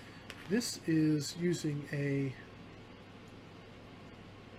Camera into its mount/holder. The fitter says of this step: and then locks into place which is very cool